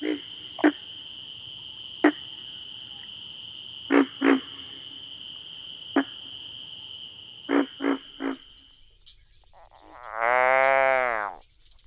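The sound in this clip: Pig frog grunts: short low croaks given singly and in small groups at irregular intervals over a steady high insect drone, then a longer drawn-out harmonic sound near the end.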